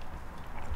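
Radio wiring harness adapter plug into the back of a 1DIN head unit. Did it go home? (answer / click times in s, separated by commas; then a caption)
no / none. A plastic car-radio wiring harness adapter plug is handled at the back of a compact Joying 1DIN universal aftermarket head unit being installed into an S2000, about to be pushed in. For 0.8 seconds there is only steady, low, rumbling handling noise with no sharp hit, and nothing has seated or clicked yet.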